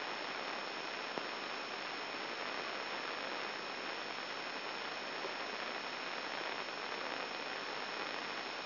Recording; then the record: brain microelectrode recording played as sound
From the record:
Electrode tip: inside the subthalamic nucleus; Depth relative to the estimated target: 0 mm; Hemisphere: left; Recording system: AlphaMap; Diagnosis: Parkinson's disease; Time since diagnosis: 14 years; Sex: male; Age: 66 years